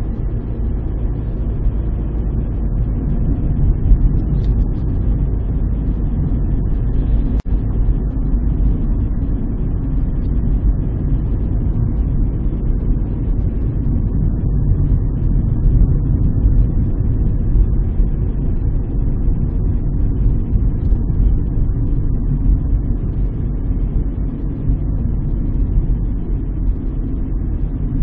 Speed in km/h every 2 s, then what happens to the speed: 42, 41, 39, 39, 40, 41, 42, 41, 41, 39, 36, 36, 35, 33.
0-16 steady at about 41. 16-28 slows to 33.